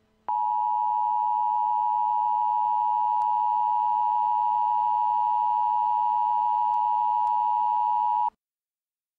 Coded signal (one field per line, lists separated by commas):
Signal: Emergency Alert System (SAME) tones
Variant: 853 and 960 Hz attention tone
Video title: EAS Scenario - Hostage Scenario